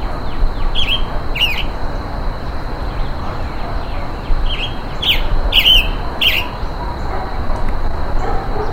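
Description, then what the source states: Roadside hawk calls: a pair of harsh squealing notes early, then a spaced series of four more, with a constant insect drone behind. Calls given while being mobbed, in humid tropical forest.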